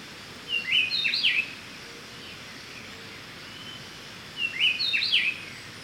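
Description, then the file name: Speckle-breasted wren: two short bursts of tangled, scratchy notes mixed with a few clearer whistles, about four seconds apart, over a quiet steady hiss. "Pheugopedius sclateri - Speckle-breasted Wren"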